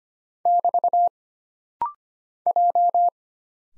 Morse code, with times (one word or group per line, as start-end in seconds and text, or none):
0.5-1.1 <BT>
2.5-3.1 J